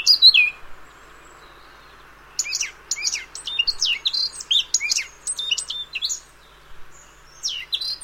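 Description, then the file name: Eurasian blackcap giving a brief whistled note, then after a pause a lively series of chattering and fluty warbled phrases with short gaps. "Sylvia atricapilla"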